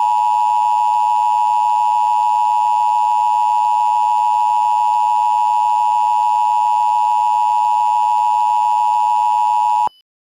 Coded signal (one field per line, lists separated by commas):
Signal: Emergency Alert System (SAME) tones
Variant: 853 and 960 Hz attention tone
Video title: Minecraft Attack 5: The End (an EAS Scenario)